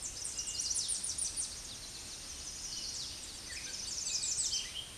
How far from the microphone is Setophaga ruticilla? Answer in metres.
about 30 m